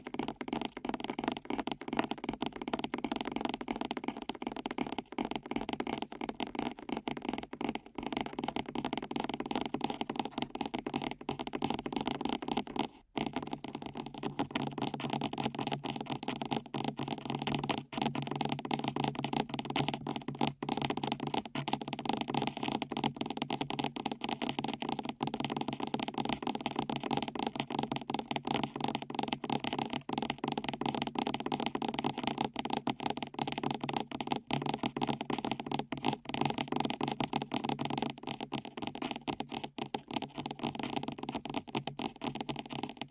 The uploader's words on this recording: ASMR Fast Ear Tapping (No Talking).